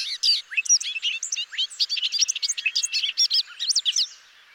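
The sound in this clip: Bobolink giving a rapid, continuous cascade of bright, twangy, bubbling notes that skip up and down in pitch, fading away at the end.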